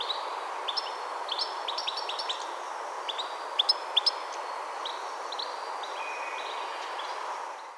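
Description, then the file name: European goldfinch calls, a loose series of bright, short twittering notes repeated irregularly, with a few louder chips near the middle over a steady low background hiss. "Carduelis carduelis"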